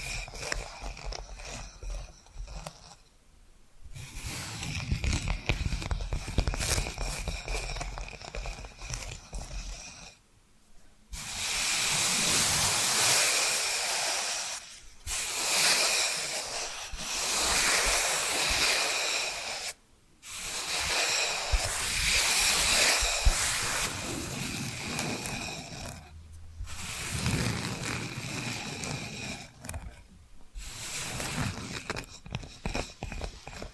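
Tapping and scratching sounds come in long dense stretches of bright, crackly scraping, broken by short near-silent gaps around 3, 10, 15, 20, 26 and 30 seconds. The scratching is steady within each stretch, with softer, duller passages near the start and end.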